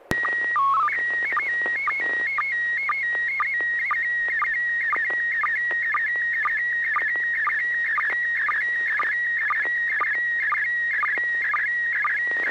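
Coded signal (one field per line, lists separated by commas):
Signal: SSTV (slow-scan television)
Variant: PD 120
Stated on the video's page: Weekly SSTV net on an FM repeater on 441.300 MHz, sent with MMSSTV software.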